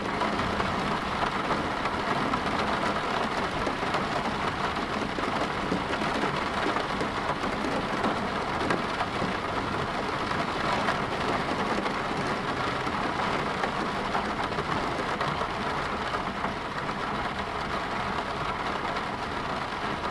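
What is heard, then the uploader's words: Rain falls steadily on a car at night, a dense, even patter of countless small drops with no letup across the whole stretch. The sound is full, with a soft low rumble underneath and a bright hiss of drops on top. High definition relaxing soothing sound of rain falling down on a car at night recorded with binaural microphones. Night Rain on a Car.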